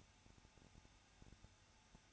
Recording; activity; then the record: daily activity, microphone in the room; no activity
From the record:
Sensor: 2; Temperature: 21.0 degrees Celsius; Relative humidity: 34.3%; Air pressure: 994.3 hPa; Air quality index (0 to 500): 173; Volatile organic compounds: 3 ppm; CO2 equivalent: 1341 ppm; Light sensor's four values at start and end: 2/3/2/2 and 2/3/2/2